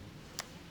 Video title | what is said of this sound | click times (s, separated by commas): Hands-on Commentary with 5 Iconic WWII Weapons [4K] | There it goes, clicks into place. | 0.4 s